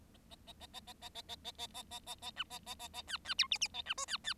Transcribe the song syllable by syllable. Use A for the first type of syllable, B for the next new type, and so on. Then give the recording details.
A A A A A A A A A A A A A A A B A A A A C C D E E A B F C C. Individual Bird7